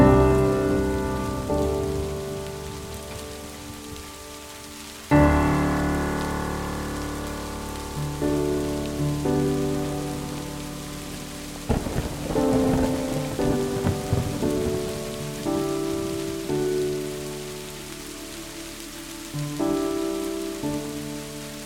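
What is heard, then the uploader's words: Soft piano chords ring out over a steady hiss of rain, each struck near the start, around five seconds, mid-clip and near the end, then left to fade slowly. A busier cluster of notes arrives around twelve seconds, while the rain stays even throughout. The music selection features soft instrumental pieces such as piano that complement the natural sound of the rain and thunder.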